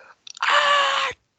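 A few quick catching breaths lead into a sudden, loud, high-pitched voiced "choo" held for about three-quarters of a second, then cut off sharply. It is a single exaggerated sneeze performed by an adult man as an imitation of a man who turned aside in public and sneezed loudly, screaming the "achoo" without covering it.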